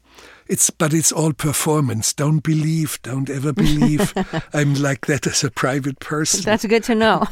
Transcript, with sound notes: but it's all performance. Don't believe - don't ever believe...
(Laughter).
...I'm like that as a private person.